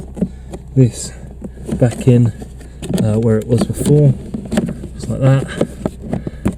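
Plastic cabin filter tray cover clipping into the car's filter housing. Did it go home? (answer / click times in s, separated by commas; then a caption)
yes / 5.9 s, 6.1 s, 6.3 s, 6.5 s. Someone talks while the plastic tray cover is pushed back into the cabin filter housing of a MINI R53 Cooper S after the cabin filter is fitted. Four sharp clicks follow at 5.9, 6.1, 6.3 and 6.5 seconds as the cover snaps in at its four clip points. The cover is seated.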